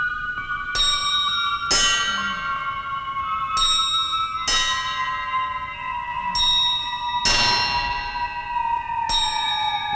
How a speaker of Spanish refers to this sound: Comenzaron a oírse las campanadas que el reloj no podía dar.